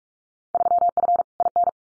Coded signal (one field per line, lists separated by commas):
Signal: Morse code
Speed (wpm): 46 wpm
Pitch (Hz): 700 Hz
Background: none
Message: 3F IN